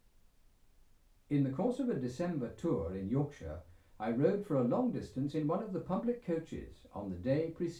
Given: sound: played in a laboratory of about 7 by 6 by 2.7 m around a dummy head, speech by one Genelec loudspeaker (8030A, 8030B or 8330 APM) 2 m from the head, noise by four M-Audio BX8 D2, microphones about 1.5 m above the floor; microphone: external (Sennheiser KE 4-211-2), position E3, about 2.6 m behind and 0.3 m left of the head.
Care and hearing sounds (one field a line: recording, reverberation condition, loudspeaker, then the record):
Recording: male speech in English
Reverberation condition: low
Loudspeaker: 150 degrees to the right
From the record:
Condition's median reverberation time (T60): about 310 ms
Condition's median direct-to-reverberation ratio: about 3.5 dB